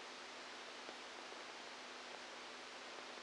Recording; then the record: brain microelectrode recording played as sound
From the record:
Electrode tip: outside the subthalamic nucleus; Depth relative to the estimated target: -6 mm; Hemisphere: left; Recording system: NeuroSet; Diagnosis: Parkinson's disease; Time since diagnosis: 12 years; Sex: male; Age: 61 years